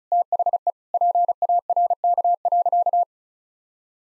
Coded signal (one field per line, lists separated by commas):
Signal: Morse code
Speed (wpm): 36 wpm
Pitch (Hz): 700 Hz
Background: none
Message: THE PARK.